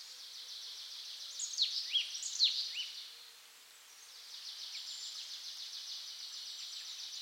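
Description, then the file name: Marsh tit calling: a couple of sharp, downslurred notes followed after a pause by a soft, fast, buzzy run of high notes. "Poecile palustris"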